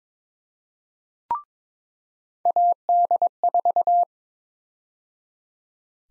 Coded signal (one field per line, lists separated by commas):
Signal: Morse code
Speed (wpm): 22 wpm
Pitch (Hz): 700 Hz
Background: none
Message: AD4